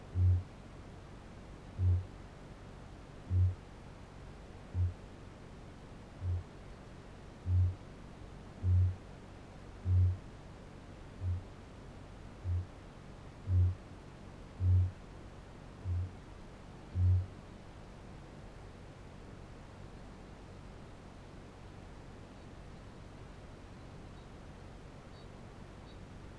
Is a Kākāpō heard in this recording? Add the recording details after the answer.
yes. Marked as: faintness 2/5, faintness 5/5. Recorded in New Zealand. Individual Barnard